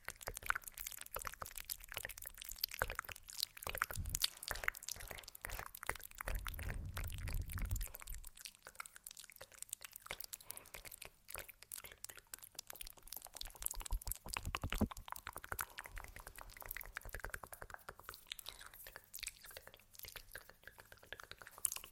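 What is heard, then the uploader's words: Sleepy mouth sounds and face touching: dense moist clicks, smacks and crackles throughout, with a low thudding rumble from about three to eight seconds. Sleepy Mouth Sounds, Face Touching, Tapping.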